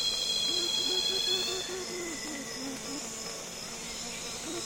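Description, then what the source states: Cicadas buzzing in a steady high drone with layered tones that fade after a second or two, while a low, repeated chirping runs underneath and insects hum throughout. Loud cicadas calling on a calm afternoon in Congo basin rainforest, with other insects flying and buzzing close to the microphones.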